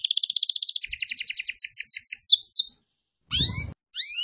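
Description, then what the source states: Atlantic canary song: fast high rattling trills that shift into a series of sweeping notes, then a pause and two sharp chirps. Recording used as a lure call for bird-trapping.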